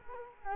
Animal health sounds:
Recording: mosquito wingbeat signal from an infrared sensor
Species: Culex quinquefasciatus

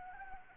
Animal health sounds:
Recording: mosquito wingbeat signal from an infrared sensor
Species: Anopheles arabiensis

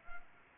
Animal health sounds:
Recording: mosquito wingbeat signal from an infrared sensor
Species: Anopheles arabiensis

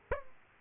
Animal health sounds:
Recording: mosquito wingbeat signal from an infrared sensor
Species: Aedes aegypti

